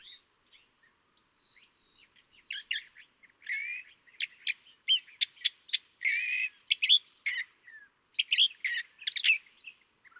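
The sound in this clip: California thrasher singing a long, rambling series of varied phrases, mixing scratchy notes, clicks and slurred whistles, starting quietly and growing louder and denser.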